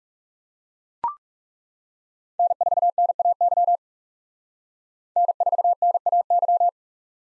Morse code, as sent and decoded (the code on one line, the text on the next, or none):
-. ....- -. .- -.-- / -. ....- -. .- -.--
N4NAY N4NAY